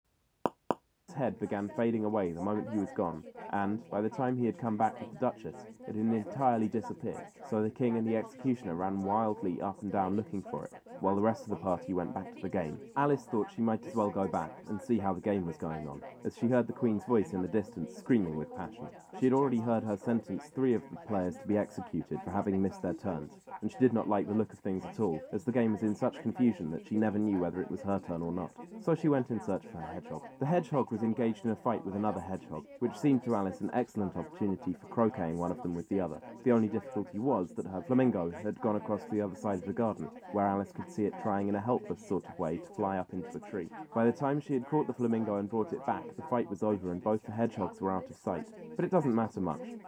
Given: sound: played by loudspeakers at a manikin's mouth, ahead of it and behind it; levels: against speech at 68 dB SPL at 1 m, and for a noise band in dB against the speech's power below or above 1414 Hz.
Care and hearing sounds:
test signals for a remote microphone
0.46 s: click
0.71 s: click
1.08-49.88 s: man speaking, babble ahead at +6 dB SNR for speech at 1 m
From the record:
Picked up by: measurement microphone

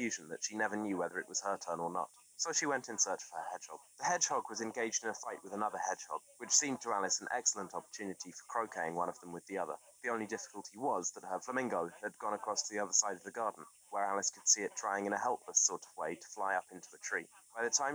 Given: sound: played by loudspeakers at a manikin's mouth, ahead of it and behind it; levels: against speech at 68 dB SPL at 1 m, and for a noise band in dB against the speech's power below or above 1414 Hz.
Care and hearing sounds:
test signals for a remote microphone
0.00-17.95 s: man speaking, babble ahead at +6 dB SNR for speech at 1 m
From the record:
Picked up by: remote microphone C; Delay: 23 ms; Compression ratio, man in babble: 1.37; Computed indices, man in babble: HASPI 0.990, HASQI 0.225 (non-linear 0.266, linear 0.842), ESTOI 0.695

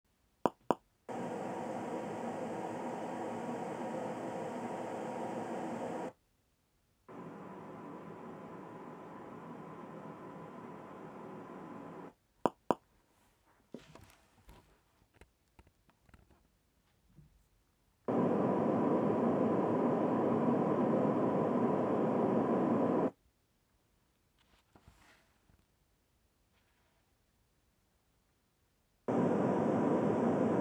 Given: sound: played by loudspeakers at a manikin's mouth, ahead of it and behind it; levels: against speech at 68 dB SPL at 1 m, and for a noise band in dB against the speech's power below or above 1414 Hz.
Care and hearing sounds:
test signals for a remote microphone
0.46 s: click
0.71 s: click
1.08-6.08 s: speech-spectrum noise from ahead
7.08-12.08 s: speech-spectrum noise from behind
12.46 s: click
12.71 s: click
18.08-23.08 s: speech-spectrum noise from the mouth, turned 45 degrees left
29.08-30.61 s: speech-spectrum noise from the mouth, facing ahead
From the record:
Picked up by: measurement microphone

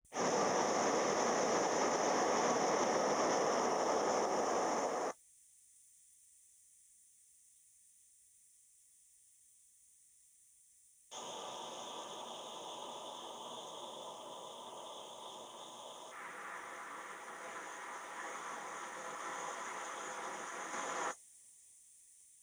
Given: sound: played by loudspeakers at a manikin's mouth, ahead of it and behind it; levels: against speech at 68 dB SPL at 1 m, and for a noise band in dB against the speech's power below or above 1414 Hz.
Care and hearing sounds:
test signals for a remote microphone
0.11-5.11 s: speech-spectrum noise from the mouth, +10 dB
11.11-16.11 s: speech-spectrum noise from ahead, +10 dB
16.11-21.11 s: speech-spectrum noise from behind, +10 dB
From the record:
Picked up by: remote microphone D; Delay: 24 ms

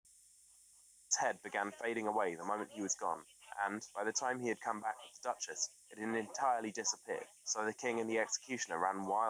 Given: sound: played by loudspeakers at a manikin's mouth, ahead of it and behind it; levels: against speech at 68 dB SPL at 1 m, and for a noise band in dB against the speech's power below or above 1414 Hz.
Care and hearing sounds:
test signals for a remote microphone
1.10-9.30 s: man speaking, babble ahead at +6 dB SNR for speech at 1 m
From the record:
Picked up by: remote microphone C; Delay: 23 ms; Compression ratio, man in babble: 1.37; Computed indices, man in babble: HASPI 0.990, HASQI 0.225 (non-linear 0.266, linear 0.842), ESTOI 0.695

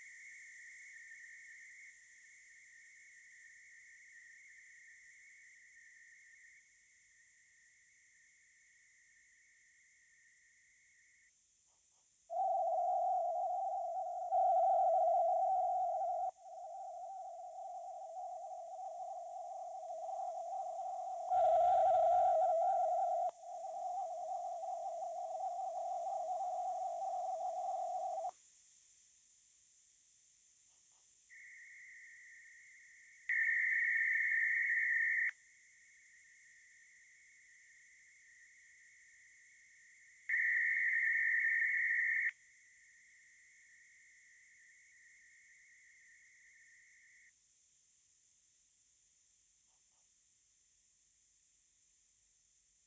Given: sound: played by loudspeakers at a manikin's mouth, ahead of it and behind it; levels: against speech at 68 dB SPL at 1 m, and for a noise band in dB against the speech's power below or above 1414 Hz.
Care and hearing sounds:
test signals for a remote microphone
0.00-1.90 s: noise band at 2000 Hz, 0 dB
1.90-6.59 s: noise band at 2000 Hz, -5 dB
6.59-11.29 s: noise band at 2000 Hz, -10 dB
12.29-14.29 s: noise band at 707 Hz, -13 dB
14.29-16.29 s: noise band at 707 Hz, +22 dB
16.29-21.29 s: noise band at 707 Hz, -13 dB
21.29-23.29 s: noise band at 707 Hz, +22 dB
23.29-28.29 s: noise band at 707 Hz, -13 dB
31.29-33.29 s: noise band at 2000 Hz, -13 dB
33.29-35.29 s: noise band at 2000 Hz, +22 dB
35.29-40.29 s: noise band at 2000 Hz, -13 dB
40.29-42.29 s: noise band at 2000 Hz, +22 dB
42.29-47.29 s: noise band at 2000 Hz, -13 dB
From the record:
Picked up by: remote microphone B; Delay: 24 ms

